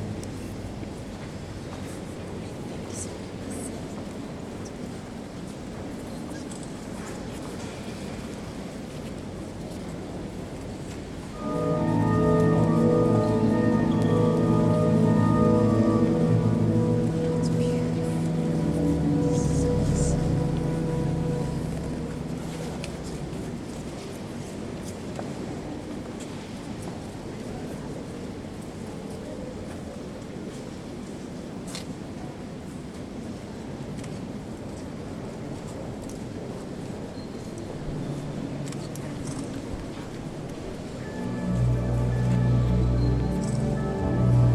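Notre Dame cathedral ambience: a steady low murmur of crowd noise with scattered clicks and footsteps. Organ chords enter around 11 seconds, hold loud for about ten seconds and fade by 25, then a lower organ chord returns near 40 seconds.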